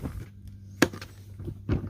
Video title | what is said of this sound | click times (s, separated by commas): DeWalt TSTAK III, Single Deep Drawer Another Option | that should be locked i | 0.8 s